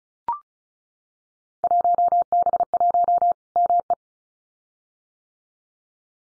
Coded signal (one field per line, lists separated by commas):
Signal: Morse code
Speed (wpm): 36 wpm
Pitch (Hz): 700 Hz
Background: none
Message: 1B1 ME